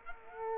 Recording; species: mosquito wingbeat signal from an infrared sensor; Aedes aegypti